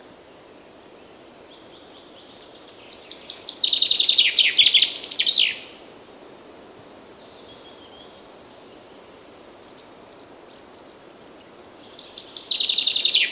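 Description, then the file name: Common chaffinch song: a descending trill ending in a flourish, starting again after a long pause, with a few thin high whistles beforehand. "Fringilla coelebs"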